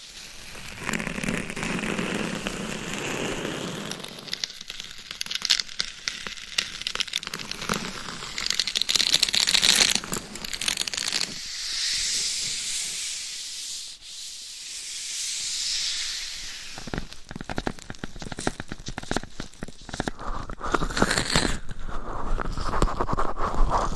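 Gloves and nails scratch and tap a microphone in changing bursts, shifting from low rubbing to bright crinkly scraping with sharp taps near the end.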